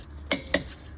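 A Lexivon LX-183 click-type torque wrench set to 165 ft-lb tightens a car wheel lug nut until it gives slightly. Two sharp metallic clicks ring out at 0.3 s and 0.5 s over a low, steady hum. The wrench has clicked at its setting, confirming the lug nut is at the required torque.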